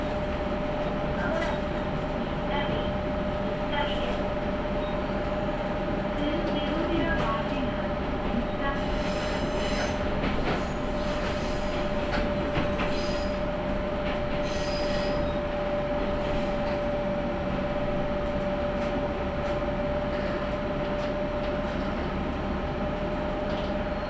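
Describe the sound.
A Tenryū Hamanako Railway train runs between Nishikiga and Mikkabi with a steady, dense low rumble and rattle throughout. A clear whining tone holds under the noise, and bursts of clattering and squealing come between about 9 and 16 seconds.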